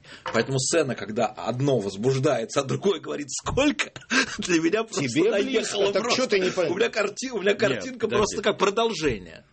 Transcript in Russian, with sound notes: Поэтому сцена, когда одно возбуждается, а другое говорит «Сколько?» для меня просто наехало просто... (смеется) У меня картинка просто как продолжение.